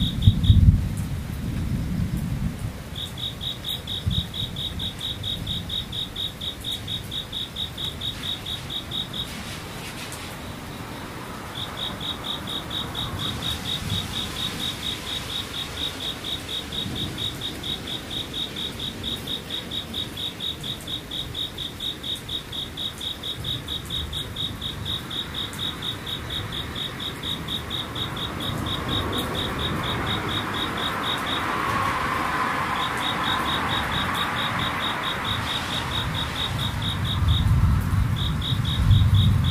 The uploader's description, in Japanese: 雨ムシセミ無音